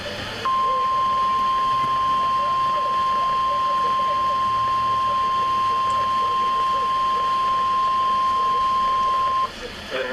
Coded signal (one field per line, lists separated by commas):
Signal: Emergency Alert System (SAME) tones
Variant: 1050 Hz attention tone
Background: speech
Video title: EAS - Severe Thunderstorm Warning